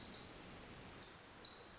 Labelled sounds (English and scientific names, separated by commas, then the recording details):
Pacific Wren (Troglodytes pacificus)
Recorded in Sonoma County, California